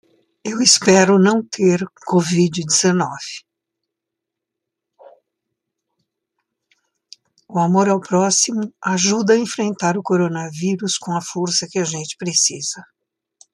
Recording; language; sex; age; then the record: spoken sentence; Brazilian Portuguese; female; 70 to 79 years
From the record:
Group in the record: control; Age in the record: 75 years